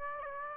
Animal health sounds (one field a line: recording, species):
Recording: mosquito wingbeat signal from an infrared sensor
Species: Aedes aegypti